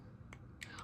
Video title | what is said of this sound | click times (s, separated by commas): Hee Haw the Donkey ~ Addi / Sentro / Circular Knitting | You can hear it click. | 0.3 s, 0.6 s